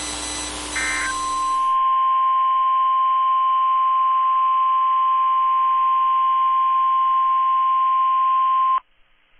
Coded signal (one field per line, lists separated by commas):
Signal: Emergency Alert System (SAME) tones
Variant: 1050 Hz attention tone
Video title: WXR Weekly Tests (EAS #880-#889)